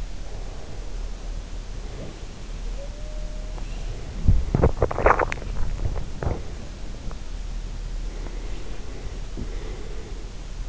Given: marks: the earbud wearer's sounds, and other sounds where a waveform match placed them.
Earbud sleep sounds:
sounds in sleep by an in-ear microphone; breath, teeth grinding, swallowing
0.00-2.36 s: breath
2.53-6.59 s: sound from someone else or the room
3.81-6.59 s: teeth grinding
4.99-5.43 s: swallowing
7.98-10.69 s: breath

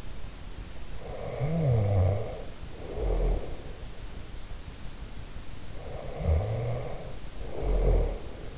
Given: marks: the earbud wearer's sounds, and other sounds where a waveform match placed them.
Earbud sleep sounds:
sounds in sleep by an in-ear microphone; snoring breath
0.95-3.72 s: snoring breath
5.64-8.58 s: snoring breath

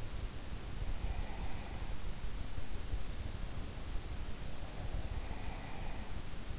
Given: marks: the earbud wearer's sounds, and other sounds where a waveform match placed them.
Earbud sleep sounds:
sounds in sleep by an in-ear microphone; breath
0.87-2.21 s: breath
4.91-6.59 s: breath

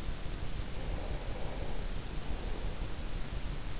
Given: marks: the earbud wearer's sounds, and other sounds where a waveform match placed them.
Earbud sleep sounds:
sounds in sleep by an in-ear microphone; breath
0.36-3.07 s: breath

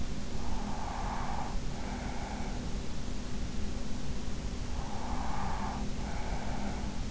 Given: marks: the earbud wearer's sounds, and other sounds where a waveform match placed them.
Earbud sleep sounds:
sounds in sleep by an in-ear microphone; breath
0.32-2.72 s: breath
4.72-7.11 s: breath

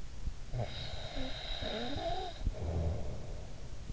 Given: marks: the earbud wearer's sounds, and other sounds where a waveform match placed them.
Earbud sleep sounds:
sounds in sleep by an in-ear microphone; snoring breath
0.13-3.93 s: snoring breath

